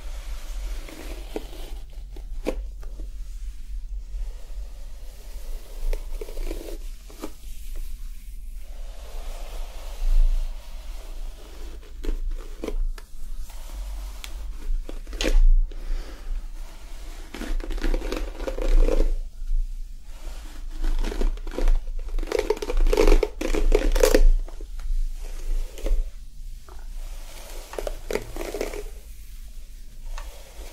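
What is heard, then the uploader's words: Hair play with soft, irregular crinkling and rustling bursts, brighter swells near 15 and 20–25 seconds, over a steady low hum. ASMR Friend Plays With Your Hair Until You Fall Asleep hair play personal attention roleplay.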